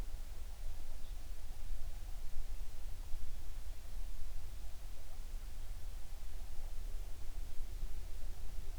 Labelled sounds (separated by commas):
near silence